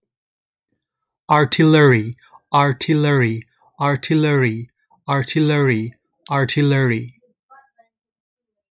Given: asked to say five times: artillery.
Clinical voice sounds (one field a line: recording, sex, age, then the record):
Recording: repeated word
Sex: male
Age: 30 to 39 years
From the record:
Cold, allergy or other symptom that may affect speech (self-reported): no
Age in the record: 37 years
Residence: Massachusetts, United States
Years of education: 16